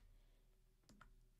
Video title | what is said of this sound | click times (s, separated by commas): Tool Chest w/ @LivingWaterQuilter | top portion left and right and then it locks in place | 0.9 s, 1.0 s